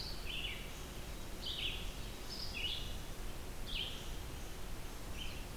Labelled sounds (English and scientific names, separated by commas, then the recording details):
Red-eyed Vireo (Vireo olivaceus) song
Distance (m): 25 m
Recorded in boreal forest in Alberta, Canada, on 20 June 2016 at 07:19
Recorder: SongMeter 3, array SBT-6-81
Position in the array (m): 114 m, 154 m